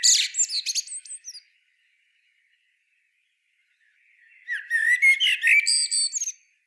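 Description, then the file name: Common blackbird: a short twittering phrase, a pause of about three seconds, then a longer phrase of fluted whistles and squeaky notes. "Turdus merula"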